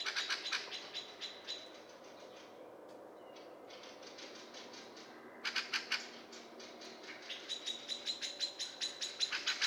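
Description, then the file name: Eurasian blackbird chinking in quick runs, a quiet stretch of a few seconds in the middle, then calls resuming and building. "Turdus merula"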